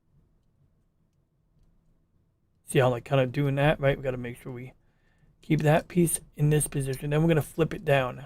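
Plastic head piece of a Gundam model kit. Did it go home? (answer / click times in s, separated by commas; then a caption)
no / none. The plastic head piece of a Gundam model kit is pushed up and held in position, lined up before being flipped down to lock. After a near-silent start, someone talks for the rest of the clip. Nothing has clicked or locked into place yet.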